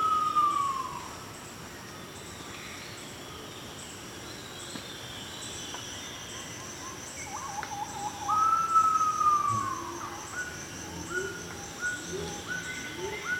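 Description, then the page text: Pheasant pigeon call: two drawn-out whistles, each starting high and sliding downward, about eight seconds apart, over a steady insect chorus. "Фазановый голубь (Otidiphaps nobilis)"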